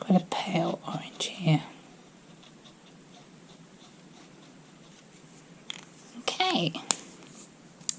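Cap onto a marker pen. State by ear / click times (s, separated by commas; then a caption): seated / 7.9 s. Someone talks, then the plastic cap of an orange marker pen is pushed onto the marker and snaps on with a sharp click at 7.9 s. The cap is seated.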